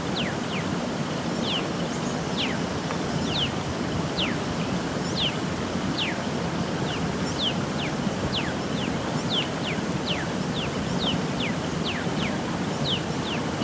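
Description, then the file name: Black-chested mountain tanager calls: steady series of sharp downslurred notes, sometimes doubled, from several birds over an unbroken rushing hiss. "Buthraupis eximia - Black-chested Mountain Tanager"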